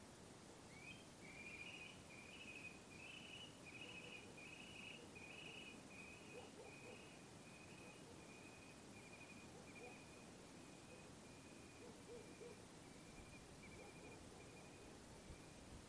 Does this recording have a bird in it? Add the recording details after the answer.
yes. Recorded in France